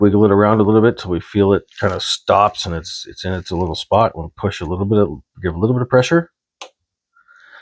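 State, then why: Seated. Someone talks while a flex cable on an S24 Ultra phone, during a screen replacement, is wiggled until it sits over its board socket and then pressed lightly. A short, sharp snap comes at 6.6 s as the connector seats firmly, followed by a faint small click around 7.2 s.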